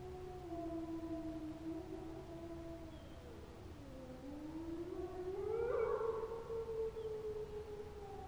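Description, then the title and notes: Wolf howls, long wavering tones that dip low then climb sharply, a second voice joining with a rising, sustained cry. Wild wolf pack howling in chorus on an evening in the forêt de Chabrières, near the reserve; pack slightly left of a microphone left in place beforehand to await the howling. "Les loups. forêt de Chabrières."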